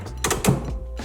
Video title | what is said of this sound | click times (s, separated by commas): How To Install The POS Station For Your CBD Store | push when you hear the click | 0.2 s